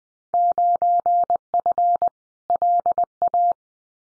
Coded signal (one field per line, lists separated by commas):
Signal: Morse code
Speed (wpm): 20 wpm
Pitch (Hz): 700 Hz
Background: none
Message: 9F LA